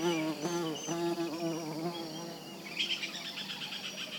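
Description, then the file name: Monkey chatter: rapid, wavering, nasal notes for about two seconds, then fading under high bird chirps and whistles that continue to the end. Small monkey calling with birds singing in the background. "Digiffects Sound Effects Library - Small Monkey with Birds Singing"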